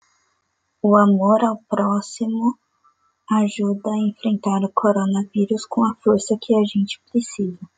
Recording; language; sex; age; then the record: spoken sentence; Brazilian Portuguese; female; 20 to 29 years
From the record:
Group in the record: control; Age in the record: 23 years